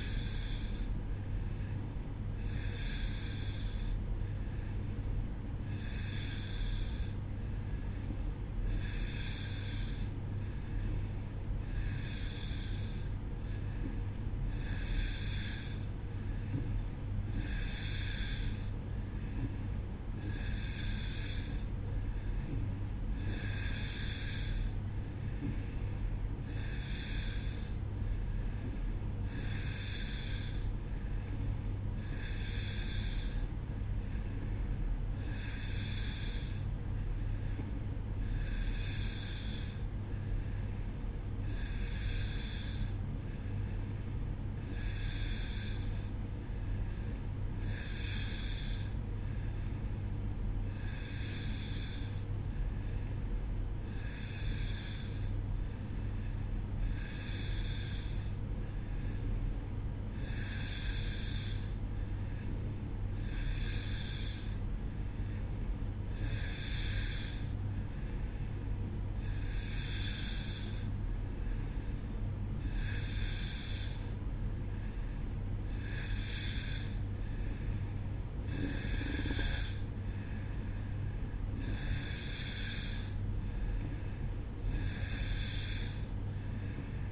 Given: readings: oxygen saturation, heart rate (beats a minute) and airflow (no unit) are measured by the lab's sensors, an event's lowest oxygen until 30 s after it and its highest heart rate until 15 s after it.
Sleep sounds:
breathing in sleep by a smartphone at the bedside; none
none scored
From the record:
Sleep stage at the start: N2 (light sleep); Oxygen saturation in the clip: 90%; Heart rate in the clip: 64 to 67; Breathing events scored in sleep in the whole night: 305 in 9.6 hours asleep

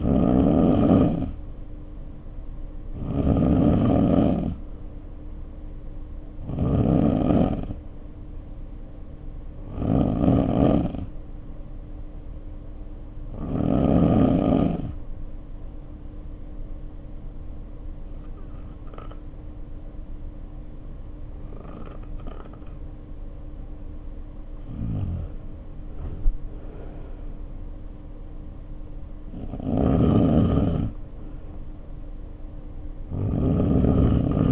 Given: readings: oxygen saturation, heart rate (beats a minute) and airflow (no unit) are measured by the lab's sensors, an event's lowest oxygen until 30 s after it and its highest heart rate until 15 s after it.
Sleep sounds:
breathing in sleep by a smartphone at the bedside; 1
10.00-34.52 s: new sleep stage, N2 (light sleep)
13.00-28.60 s: hypopnea (N2, oxygen 94% highest, then 92% lowest, heart rate 55 at the start, 59 highest)
From the record:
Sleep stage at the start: N3 (deep sleep); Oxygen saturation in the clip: 91 to 95%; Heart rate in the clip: 54 to 58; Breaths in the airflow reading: 7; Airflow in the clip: -2.7 to 3.3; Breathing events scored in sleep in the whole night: 520 in 7.2 hours asleep

